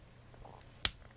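The metal cap of a Crocodile 377 fountain pen, which is fairly heavy, is posted onto the rear end of the barrel after a few faint soft handling sounds. It snaps on with one sharp, bright click at 0.9 s that quickly fades. The cap is seated on the barrel end.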